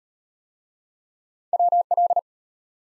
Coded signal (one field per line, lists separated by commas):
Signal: Morse code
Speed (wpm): 37 wpm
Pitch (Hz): 700 Hz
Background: none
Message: WL